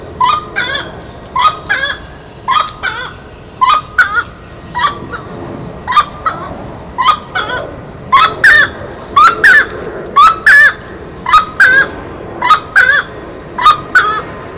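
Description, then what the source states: Grey-cowled wood rail in a long run of harsh, clucking double notes, steady and insistent, while a high steady hum continues throughout. Recorded at Ibirapuera, São Paulo, Brazil, on 6 December 2012.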